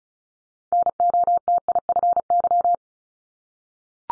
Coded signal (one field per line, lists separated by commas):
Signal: Morse code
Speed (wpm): 36 wpm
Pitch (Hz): 700 Hz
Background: none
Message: NOTIFY